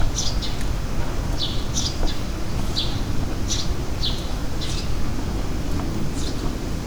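Bird calling with brief high chirps scattered every second or so above a constant low rumble.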